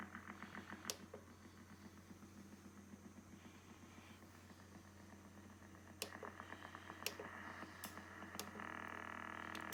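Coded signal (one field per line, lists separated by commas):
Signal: radar signal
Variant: Russian Woodpecker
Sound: fast, steady stream of rapid tapping pulses over radio hiss and low hum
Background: radio static, clicks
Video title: New Russian Woodpecker silenced by the Yaesu FTDX101-MP receiver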